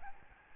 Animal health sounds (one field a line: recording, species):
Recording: mosquito wingbeat signal from an infrared sensor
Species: Aedes albopictus